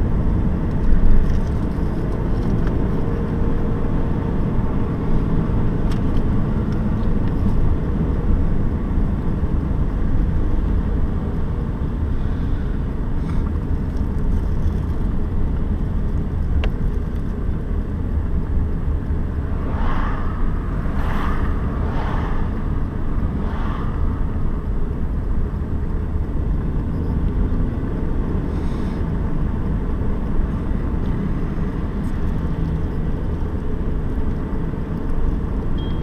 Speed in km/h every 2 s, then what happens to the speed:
46, 49, 47, 42, 36, 34, 31, 30, 28, 28, 30, 30, 30, 38, 39, 36, 37, 37.
4-15 slows to 28. 15-36 speeds up to 37.